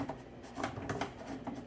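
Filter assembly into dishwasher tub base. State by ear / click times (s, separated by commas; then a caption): not seated / none. A cleaned plastic dishwasher filter assembly is handled as it is pushed back toward its seat in the bottom of the dishwasher tub. Short handling knocks and scrapes are heard, including sharper taps at about 0.6 s and 1.0 s. Nothing has seated or clicked yet.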